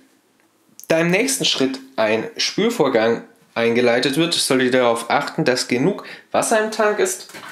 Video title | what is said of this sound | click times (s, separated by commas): Siemens EQ.6 plus Kaffeevollautomat Wasserfilter wechseln / einsetzen | ist nur dass ihr darauf achtet dass diese einrastet da | 0.8 s